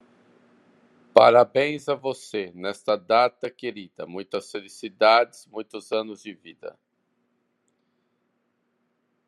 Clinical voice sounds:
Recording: short text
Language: Brazilian Portuguese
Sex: female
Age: 50 to 59 years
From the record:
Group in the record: control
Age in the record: 53 years

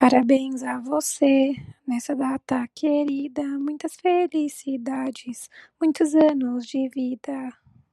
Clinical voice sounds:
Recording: short text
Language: Brazilian Portuguese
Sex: female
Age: 20 to 29 years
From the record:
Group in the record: control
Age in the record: 25 years

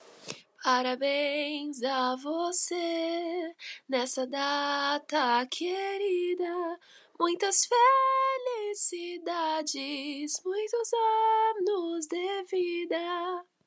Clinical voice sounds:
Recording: short text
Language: Brazilian Portuguese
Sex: female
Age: 20 to 29 years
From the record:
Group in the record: control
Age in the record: 23 years

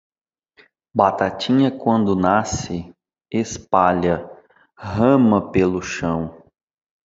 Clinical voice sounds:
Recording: short text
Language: Brazilian Portuguese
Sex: male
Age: 30 to 39 years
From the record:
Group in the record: control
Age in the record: 37 years

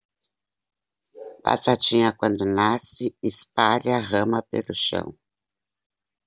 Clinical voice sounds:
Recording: short text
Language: Brazilian Portuguese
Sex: female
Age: 60 to 69 years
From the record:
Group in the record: control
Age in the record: 65 years

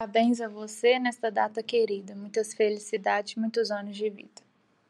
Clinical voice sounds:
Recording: short text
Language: Brazilian Portuguese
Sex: female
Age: 20 to 29 years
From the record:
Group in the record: control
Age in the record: 24 years

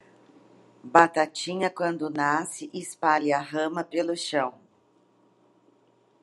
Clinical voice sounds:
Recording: short text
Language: Brazilian Portuguese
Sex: female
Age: 50 to 59 years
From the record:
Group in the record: control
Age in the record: 57 years

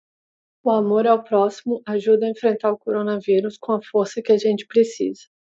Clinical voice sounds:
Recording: spoken sentence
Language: Brazilian Portuguese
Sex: female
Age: 30 to 39 years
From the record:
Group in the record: control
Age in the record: 33 years

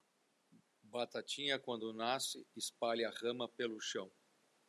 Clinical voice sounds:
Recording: short text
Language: Brazilian Portuguese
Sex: male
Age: 50 to 59 years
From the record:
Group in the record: control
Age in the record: 55 years

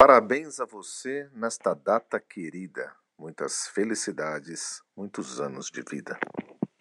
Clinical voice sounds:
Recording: short text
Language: Brazilian Portuguese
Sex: male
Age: 40 to 49 years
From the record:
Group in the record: control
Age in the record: 49 years

